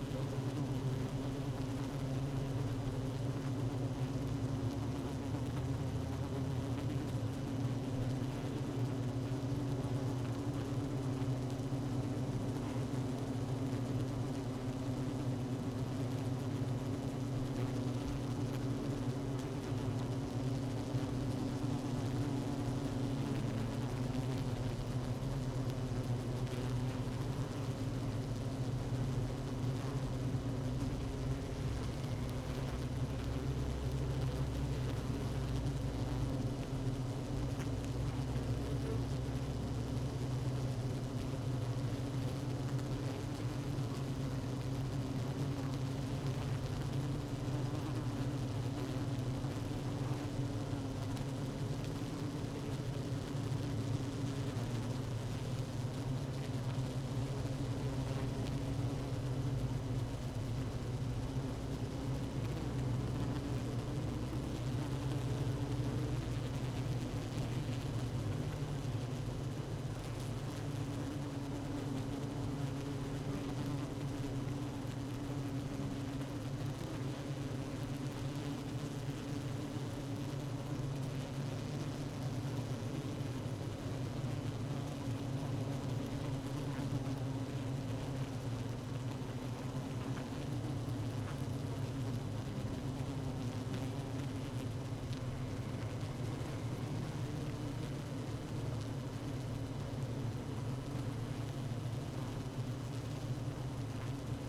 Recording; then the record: honeybee colony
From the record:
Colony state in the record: active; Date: 12 June 2018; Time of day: 16:57